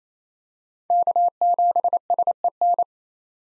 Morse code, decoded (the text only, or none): K7SEN